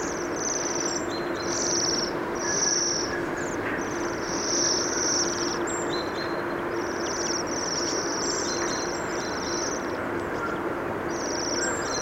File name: Bohemian waxwing